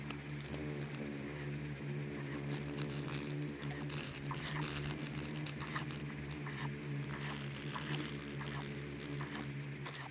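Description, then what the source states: Insects swarming: a constant low humming buzz with busy scratchy clicking and tapping across the whole stretch. Bugs and beetles swarming in the Namib desert; a desert seeming quiet at first listen but full of soundscapes and micro-sounds.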